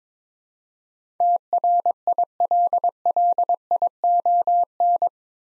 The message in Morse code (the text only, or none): TRILLION